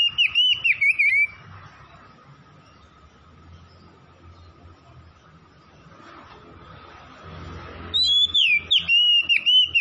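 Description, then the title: Oriental magpie-robin song, two bursts of sweet whistled warbling at start and end separated by a long quiet stretch with steady hum. Singing vigorously (gacor); Tretes. "Kacer Tretes Gacor"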